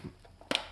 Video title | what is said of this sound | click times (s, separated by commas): Présentation du casque VR avec un galaxy S7 Or FR | il se clipse donc voilà il éclipse et il est rentré il est tout beau | 0.6 s